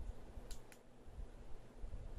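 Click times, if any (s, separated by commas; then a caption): 0.5 s, 0.7 s. A ribbon cable connector is gently pressed onto its board socket inside a Samsung Galaxy Tab 4 tablet during a touch screen repair. Two short, sharp clicks are heard at 0.5 s and 0.7 s over a low steady background. The connector is seated.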